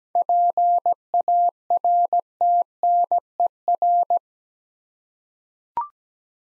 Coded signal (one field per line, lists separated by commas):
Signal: Morse code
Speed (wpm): 17 wpm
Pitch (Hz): 700 Hz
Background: none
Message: PARTNER